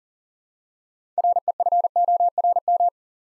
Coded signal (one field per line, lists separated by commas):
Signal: Morse code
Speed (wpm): 42 wpm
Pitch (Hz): 700 Hz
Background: none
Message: REFORM